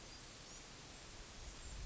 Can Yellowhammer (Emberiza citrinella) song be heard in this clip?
no